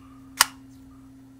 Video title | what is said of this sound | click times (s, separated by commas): IJOY RDTA BOX Review ( Vape Central Group ) Custom Paint | she comes on clicks into place very sturdy | 0.4 s